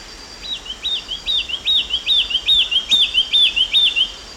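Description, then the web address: Olivaceous Greenlet song: a quick run of about ten high, even notes repeated at a steady pace for several seconds, over a faint background hiss. Recorded in Ecuador. "Birds of Ecuador. Olivaceous Greenlet"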